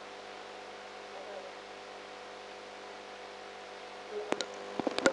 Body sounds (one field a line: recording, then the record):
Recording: brain microelectrode recording played as sound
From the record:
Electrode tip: outside the subthalamic nucleus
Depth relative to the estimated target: 2 mm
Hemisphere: right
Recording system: NeuroSet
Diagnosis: Parkinson's disease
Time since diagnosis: 19 years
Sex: female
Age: 58 years